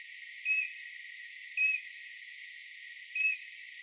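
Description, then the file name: Eurasian bullfinch uttering three soft whistled notes spaced a second or more apart against a hissy background. "Pyrrhula pyrrhula"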